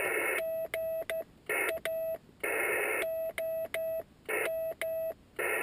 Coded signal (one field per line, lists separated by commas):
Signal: Morse code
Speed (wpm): 14 wpm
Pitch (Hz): 650 Hz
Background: radio noise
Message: GA OM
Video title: Yaesu 817ND qso CW